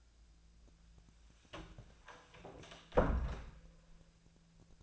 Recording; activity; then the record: daily activity, microphone in the room; close door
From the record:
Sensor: 2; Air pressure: 1000.4 hPa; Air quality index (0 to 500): 171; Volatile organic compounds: 3 ppm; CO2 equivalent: 1418 ppm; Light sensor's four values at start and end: 10/23/10/10 and 10/23/10/10